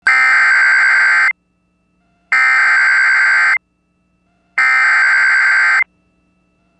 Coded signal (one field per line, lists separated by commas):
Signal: Emergency Alert System (SAME) tones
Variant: header bursts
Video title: Severe Thunderstorm Warning (Logan, Phillips, Sedgwick, Washington Counties, CO) (8/1/25) [EAS #209]